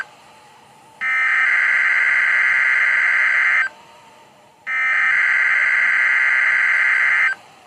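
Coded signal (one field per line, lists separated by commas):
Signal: Emergency Alert System (SAME) tones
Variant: header bursts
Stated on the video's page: Required weekly test received on a WR-300 weather radio.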